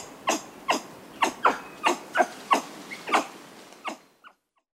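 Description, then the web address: Brown capuchin uttering a quick run of harsh, abrupt barks, ending in silence. Primate of the South American rainforest. "Nature Songs S America Primates of the Rainforest Brown capuchin monkey"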